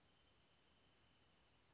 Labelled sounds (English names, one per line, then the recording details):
Wrentit
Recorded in Sonoma County, California